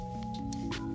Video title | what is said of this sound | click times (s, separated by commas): SLAMMED INTEGRA PT 2 - B20 VTEC SWAP, ABS DELETE & ENGINE BAY PREP | there's our click | 0.5 s